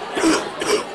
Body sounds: coughing mixed with background sound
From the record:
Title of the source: 31 night wet cough

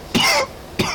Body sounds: coughing mixed with background sound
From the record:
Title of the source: Coughing 60

